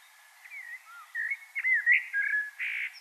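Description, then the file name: Common blackbird singing a short run of mellow fluted notes that rise and fall, ending in a brighter, slightly buzzy flourish. "Turdus merula"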